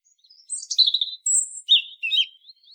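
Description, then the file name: European robin singing a high, thin warbling phrase of sweet whistles and trills that jump between pitches, with brief pauses between notes. "Erithacus rubecula"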